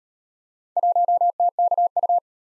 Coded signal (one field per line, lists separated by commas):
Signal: Morse code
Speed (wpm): 38 wpm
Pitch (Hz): 700 Hz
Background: none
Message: 1TKU